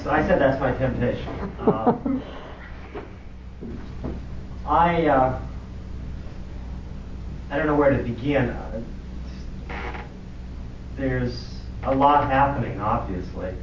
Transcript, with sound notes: I said that’s my temptation. [laughs] I don’t know where to begin. There’s a lot happening, obviously.